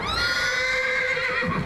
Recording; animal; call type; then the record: contact call of a hoofed animal; horse; whinny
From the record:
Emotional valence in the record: negative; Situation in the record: group separation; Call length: 1.66 s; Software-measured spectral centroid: 2670 Hz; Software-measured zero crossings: 3840 a second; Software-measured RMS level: -24 dBFS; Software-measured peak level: -12 dBFS